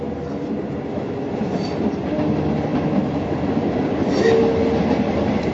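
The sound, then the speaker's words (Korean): A train rumbles steadily along the rails in wartime France in January 1944, with a dense, continuous low roar, faint rhythmic clatter and a brief high squeal near the end; no one speaks. “프랑스가 전쟁의 포화 속에 쌓여있던 1944년 1월 소년 줄리안 꽁땅은 엄마와 아쉬운 작별을 하고 형 프랑스와 함께 기차에 올랐습니다.”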